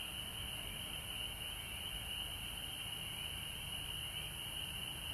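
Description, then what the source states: Frogs in full chorus, a continuous wall of high trilling without any break. Frogs recorded at home in Georgia on March 19, 2020.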